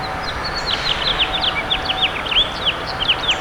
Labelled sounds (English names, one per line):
House Finch song